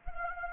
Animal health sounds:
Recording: mosquito wingbeat signal from an infrared sensor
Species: Anopheles gambiae

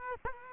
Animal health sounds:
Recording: mosquito wingbeat signal from an infrared sensor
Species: Culex quinquefasciatus

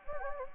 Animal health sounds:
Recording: mosquito wingbeat signal from an infrared sensor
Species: Anopheles gambiae

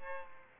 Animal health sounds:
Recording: mosquito wingbeat signal from an infrared sensor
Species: Aedes aegypti

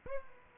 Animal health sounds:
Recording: mosquito wingbeat signal from an infrared sensor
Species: Aedes aegypti

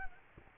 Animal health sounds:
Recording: mosquito wingbeat signal from an infrared sensor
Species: Culex quinquefasciatus

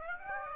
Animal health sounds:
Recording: mosquito wingbeat signal from an infrared sensor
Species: Aedes aegypti

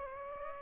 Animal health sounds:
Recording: mosquito wingbeat signal from an infrared sensor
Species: Aedes aegypti

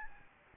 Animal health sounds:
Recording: mosquito wingbeat signal from an infrared sensor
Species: Aedes albopictus

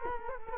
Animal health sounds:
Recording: mosquito wingbeat signal from an infrared sensor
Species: Culex quinquefasciatus

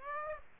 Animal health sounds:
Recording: mosquito wingbeat signal from an infrared sensor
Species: Aedes aegypti

